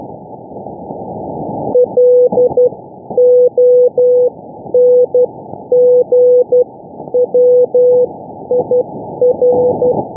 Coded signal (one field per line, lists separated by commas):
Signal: Morse code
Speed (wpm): 12 wpm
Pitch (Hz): 500 Hz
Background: none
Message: LONG WIR